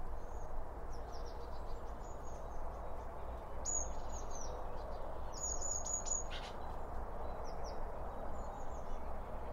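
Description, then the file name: Birds chirping throughout, high thin notes in quick clusters, busiest in the middle, over steady low background noise. Birds around a bird feeder, recorded with two Line Audio OM 1 microphones. "Birds Around Birdfeeding With Two Om 1 From Line Audio"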